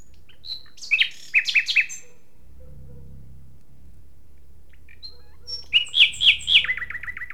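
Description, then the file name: Common nightingale song: varied chirps, a pause with a low hum, then loud notes ending in a quick repeated trill. "Luscinia megarhynchos"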